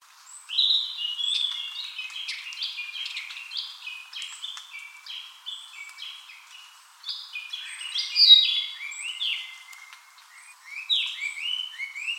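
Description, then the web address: Narcissus flycatcher song, a run of varied clear whistled notes and short slurred phrases, some rising and some falling. Recorded on 31 May 2015. "birdenaga kibitaki S 150531"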